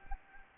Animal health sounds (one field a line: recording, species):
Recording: mosquito wingbeat signal from an infrared sensor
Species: Anopheles gambiae